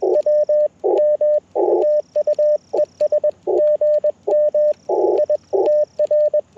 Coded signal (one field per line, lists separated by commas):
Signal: Morse code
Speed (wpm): 21 wpm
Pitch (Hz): 600 Hz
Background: radio noise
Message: WM TU ES GM I TR